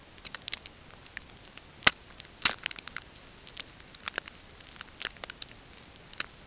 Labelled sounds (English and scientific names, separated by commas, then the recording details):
none
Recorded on Arctic tundra, site NAIT-1, on 20 June 2018
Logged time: 05:00